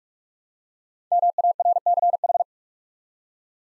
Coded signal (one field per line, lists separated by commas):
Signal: Morse code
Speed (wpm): 44 wpm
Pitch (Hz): 700 Hz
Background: none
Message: MARCH